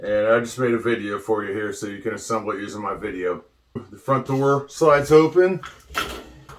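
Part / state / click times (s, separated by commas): sliding door latch on pet crate / seated / 6.0 s, 6.5 s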